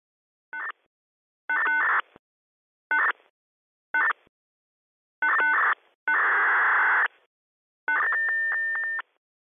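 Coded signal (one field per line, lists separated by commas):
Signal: modem data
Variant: Autocab taxi data terminal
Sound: seven short harsh data bursts, each starting with a brief tone chord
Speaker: sound you heard there was an example of auto cup media data terminals used by cab companies all over the world mainly found around vhf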